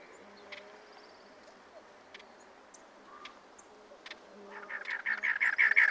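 Cactus wren song: after about four quiet seconds, a fast run of harsh, grating chugging notes builds up, preceded by faint high trills and scattered clicks.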